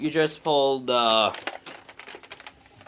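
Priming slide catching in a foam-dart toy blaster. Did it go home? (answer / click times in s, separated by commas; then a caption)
no / none. Someone talks, then handles the priming handle of a plastic foam-dart toy blaster, starting to pull it back so the plunger will catch in the cocked position. A few faint plastic rattles and taps follow after the speech. Nothing has seated or clicked yet.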